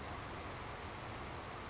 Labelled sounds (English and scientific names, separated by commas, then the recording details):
Savannah Sparrow (Passerculus sandwichensis)
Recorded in Sonoma County, California